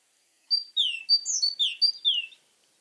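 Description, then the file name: Great tit calling: a quick run of high, bright notes, a level note alternating with a downslurred one, several pairs in under two seconds. "Parus major"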